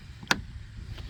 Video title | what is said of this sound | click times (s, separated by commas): 2019-24 RAV4 RAPTOR LIGHTS (PT 2) Installation | and yeah you heard that click once that thing clicks into place man that thing ain't going nowhere | 0.3 s